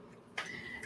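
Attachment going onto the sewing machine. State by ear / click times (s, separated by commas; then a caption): seated / 0.4 s. An attachment is fitted onto a sewing machine after its connector door is closed, while switching from embroidery to sewing. A single sharp click at 0.4 s marks it seating, followed by a faint steady high tone to the end. The attachment clicks in and is seated.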